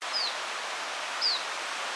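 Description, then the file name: Iberian chiffchaff calls: two thin, high, downslurred notes about a second apart over a steady background hiss. Call, recorded at Tarifa on 29 March 2013. "phyibe call tarifa 290313"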